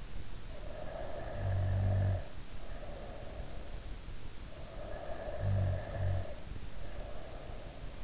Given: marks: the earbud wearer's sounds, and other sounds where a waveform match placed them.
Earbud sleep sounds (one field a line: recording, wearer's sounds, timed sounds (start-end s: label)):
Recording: sounds in sleep by an in-ear microphone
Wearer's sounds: snoring breath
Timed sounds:
0.55-3.70 s: snoring breath
4.50-8.04 s: snoring breath